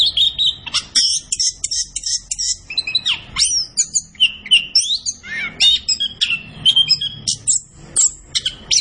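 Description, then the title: Orange-headed thrush delivering a continuous varied song of high whistles, trills and buzzy notes in rapid succession, barely pausing. Kept songbird singing gacor (vigorously and continuously), used as masteran to train other birds in Indonesian songbird keeping (kicau mania). "Anis Kembang Gacor. Kicau Mania Masteran Anis Kembang"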